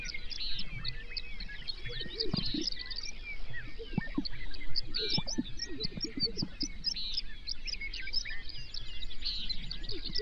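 A prairie dawn chorus: many birds chirp and trill at once, a dense, bright, overlapping chatter that runs steadily through the whole stretch. Short lower calls and soft thumps break in every second or so over a faint, steady outdoor hiss.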